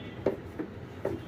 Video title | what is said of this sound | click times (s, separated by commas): فكها ...نظفهاأو غيرها ....جمعها ...ركبها مرة تانية ...اسكنر ريكو ٣٤٠٠/٣٤١٠/٣٥٠٠/٣٥١٠ | واسمع صوت التكه ديت ان هو ركب في مكانه تمام. | 0.3 s